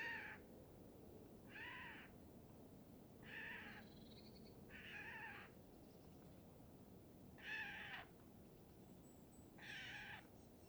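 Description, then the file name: Eurasian jay giving harsh, rasping screeches, six noisy bursts spaced irregularly about every one and a half to two and a half seconds over a low background hiss. "Garrulus glandarius"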